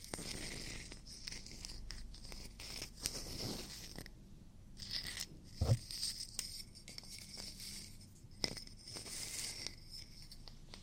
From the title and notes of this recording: ASMR Relaxing Ear Cleaning & Ear Attention [NO TALKING].